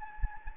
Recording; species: mosquito wingbeat signal from an infrared sensor; Anopheles gambiae